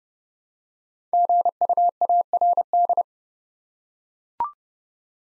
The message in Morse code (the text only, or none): GUARD